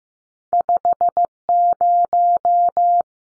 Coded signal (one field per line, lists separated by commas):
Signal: Morse code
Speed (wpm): 15 wpm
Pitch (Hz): 700 Hz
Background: none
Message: 50